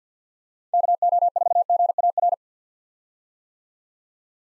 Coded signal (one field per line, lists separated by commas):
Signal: Morse code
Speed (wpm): 45 wpm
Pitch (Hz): 700 Hz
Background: none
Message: KO4GAR